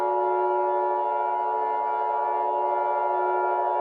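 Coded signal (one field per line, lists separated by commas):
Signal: Emergency Alert System (SAME) tones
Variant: 853 and 960 Hz attention tone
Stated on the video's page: Fictional EAS scenario, not a real alert.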